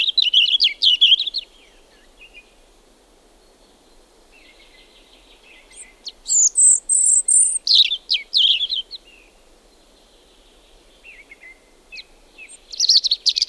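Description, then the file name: European robin song in three separate phrases. Each is high, thin and twittering, with quick trills and glides, and quieter pauses of several seconds fall between them. "punarind"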